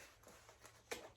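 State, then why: Not seated. A WWII first aid packet is handled and pushed into a canvas belt pouch with a snap flap, giving soft rustling and light taps, with a sharper broadband hit near 0.9 s. The clip ends before the flap's metal snap is pressed shut, so nothing has seated or clicked yet.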